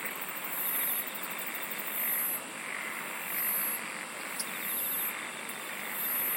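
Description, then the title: Insect song with high buzzy phrases repeating regularly, layered over a continuous shrill drone and rapid ticking. "SINGING OF INSECTS"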